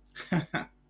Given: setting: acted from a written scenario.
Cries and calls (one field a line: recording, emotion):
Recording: vocal sound without words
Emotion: amusement